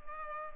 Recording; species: mosquito wingbeat signal from an infrared sensor; Culex pipiens